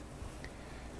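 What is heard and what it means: The sear is pushed in and down into the trigger group housing of a Browning Double-Auto shotgun. A single short, sharp click sounds at 0.4 s over a steady low background hum. The sear seats in place.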